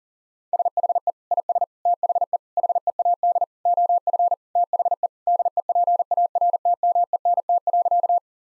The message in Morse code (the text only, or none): SHE IS THE HEAD OF THE DEPARTMENT.